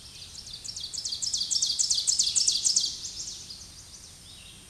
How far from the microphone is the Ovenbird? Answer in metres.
about 15 m